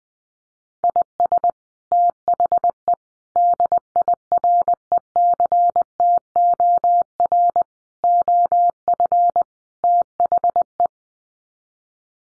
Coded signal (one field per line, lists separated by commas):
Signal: Morse code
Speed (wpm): 20 wpm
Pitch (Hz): 700 Hz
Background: none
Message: IS THE DIRECTOR OF THE